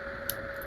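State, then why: Seated. The male post of a two-piece metal rivet is pushed into its female cap until the halves snap together. Over a steady low hum, a single sharp, bright click is heard at 0.3 seconds, and the rivet is seated.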